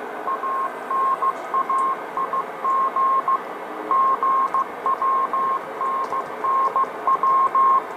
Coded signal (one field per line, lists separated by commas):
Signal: Morse code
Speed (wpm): 16 wpm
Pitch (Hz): 1070 Hz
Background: radio noise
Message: ANAIG GWNNW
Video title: M8a Cuban Numbers Station 2